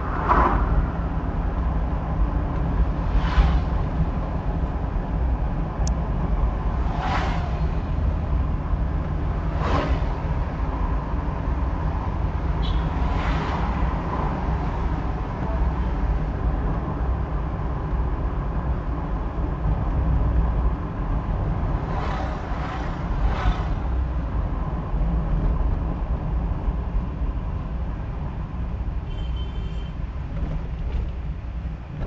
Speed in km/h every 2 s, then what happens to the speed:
35, 35, 35, 36, 36, 34, 33, 34, 34, 37, 39, 40, 37, 36, 34, 30.
0-12 steady at about 35. 12-22 speeds up to 40. 22-32 slows to 30.